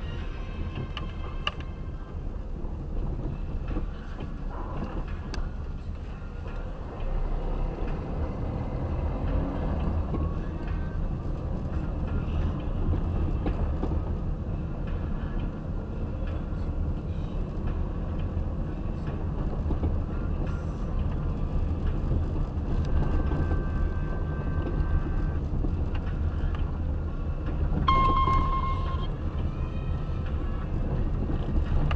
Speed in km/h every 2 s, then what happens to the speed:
15, 12, 15, 12, 20, 31, 30, 27, 31, 30, 30, 29, 23, 25, 23, 23.
0-6 steady at about 12. 6-11 speeds up to 31. 11-32 steady at about 27.